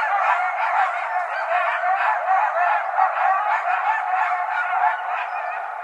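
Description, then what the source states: Coyotes in a loud, continuous chorus of overlapping yips and yelps with a steady pulsing texture throughout. Several coyotes recorded on 20 January 2012.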